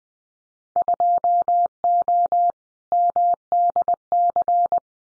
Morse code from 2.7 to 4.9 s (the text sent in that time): MDC